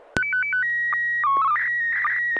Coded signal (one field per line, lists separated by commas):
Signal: SSTV (slow-scan television)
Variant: PD 120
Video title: N6NA SSTV Net - 03/06/2024